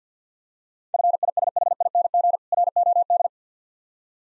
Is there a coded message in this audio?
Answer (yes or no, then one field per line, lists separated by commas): yes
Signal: Morse code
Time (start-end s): 0.9-3.3 s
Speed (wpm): 50 wpm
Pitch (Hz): 700 Hz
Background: none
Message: FISHING ROD